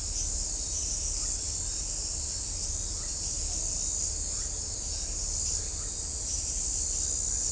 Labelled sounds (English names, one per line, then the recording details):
none
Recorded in shrubland near Pivijay, Magdalena, Colombia, on 4 June 2023 at 03:30
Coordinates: 10.453, -74.365
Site P5-G022